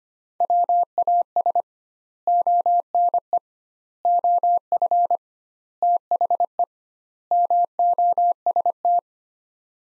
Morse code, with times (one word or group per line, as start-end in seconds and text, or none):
0.4-1.6 WAS
2.3-3.4 ONE
4.1-5.2 OF
5.8-6.6 THE
7.3-9.0 MOST